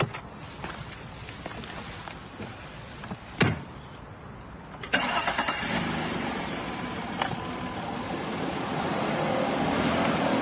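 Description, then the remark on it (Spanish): After some quiet shuffling and a sharp thump, a car engine abruptly starts and settles into a steady, loud rumble that slowly builds over the remaining seconds. Nobody speaks. “Ya sabes cómo se pone tu padre si le pasa algo al coche.”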